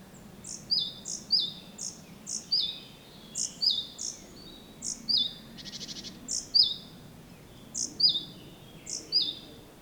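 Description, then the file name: Great tit call series: high two-note phrases repeated many times, with a short buzzy rattle near the middle. "Parus major"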